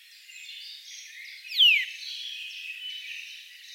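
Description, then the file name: Eurasian nuthatch giving a single loud, sharp call note that drops steeply in pitch, over faint background twittering. "Sitta europaea"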